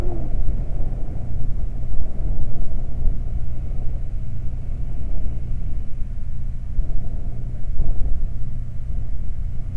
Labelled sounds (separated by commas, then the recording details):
wind
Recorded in the Prudhoe Bay oil fields, Alaska, on 12 July 2019 at 00:03
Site 29